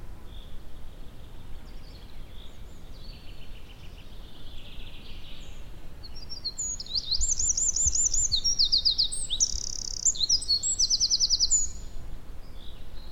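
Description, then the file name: Eurasian wren song, a loud, high, rapid outpouring of shrill notes and fast buzzing trills that builds in the second half, over steady low background rumble. "Troglodytes troglodytes"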